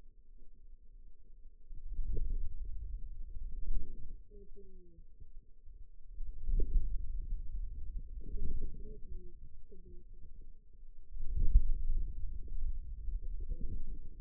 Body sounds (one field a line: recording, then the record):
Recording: forearm muscle sounds (acoustic myography)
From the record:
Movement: hand closing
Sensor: system 2, bracelet of six BSWA MPA416 microphones around the upper forearm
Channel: 3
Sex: female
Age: 21 years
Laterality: right